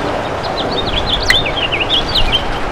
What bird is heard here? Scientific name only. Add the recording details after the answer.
Haemorhous mexicanus. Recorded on Long Island, New York, on 8 June 2012. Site WH. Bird D